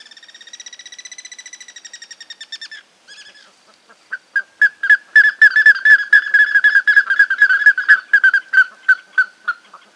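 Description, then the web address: Plumbeous ibis calling: a rapid trilled whistle for nearly three seconds, a short pause, then a long series of loud, sharp whistled notes. "Plumbeous ibis. صدای-پرنده-اکراس-سربی"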